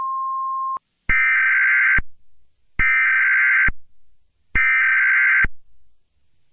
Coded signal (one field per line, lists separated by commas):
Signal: Emergency Alert System (SAME) tones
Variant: header bursts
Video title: EAS Scenario - T H E F O G I S C O M I N G